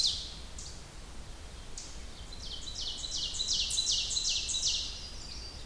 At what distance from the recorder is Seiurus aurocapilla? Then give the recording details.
about 30 m. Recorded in boreal forest in Alberta, Canada, on 30 June 2016 at 08:33. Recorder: SongMeter 3, array SBT-6-79. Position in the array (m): 166 m, 41 m. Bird 43